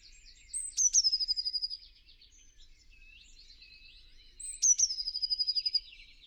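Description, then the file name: Eurasian blue tit repeating its phrase twice: a thin high note, then a rapid trill. "Cyanistes caeruleus"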